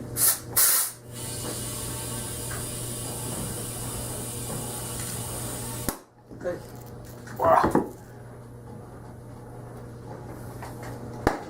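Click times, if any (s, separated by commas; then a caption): 11.3 s. A motorcycle tire on a Suzuki GSX600 wheel is inflated on its rim with a steady airy hiss while someone talks. At 11.3 s a sharp, loud pop is heard as the rubber bead pops over the rim edge into its seat.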